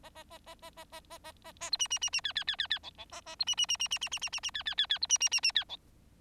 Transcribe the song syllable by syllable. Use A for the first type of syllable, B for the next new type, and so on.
A A A A A A A A A A A B C C C C D D D D D E E A A B C C C C C C C C C C D D D D B C C C C D E